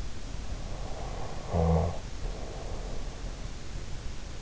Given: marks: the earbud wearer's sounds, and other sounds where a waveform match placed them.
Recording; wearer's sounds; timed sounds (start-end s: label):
sounds in sleep by an in-ear microphone; snoring breath
0.81-3.04 s: snoring breath